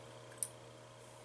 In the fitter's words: Press down till it clicks.